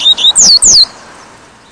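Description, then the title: Double-collared Seedeater song: two brief high whistles followed by two longer sweeping downslurs, sharp and clear, then quiet. "Canto Coleiro"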